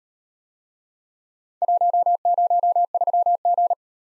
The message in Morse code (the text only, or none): 103G